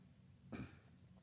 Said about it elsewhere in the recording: I'm still battling a cough that will not go away. I've got cough suppressants, got a little cough drop in.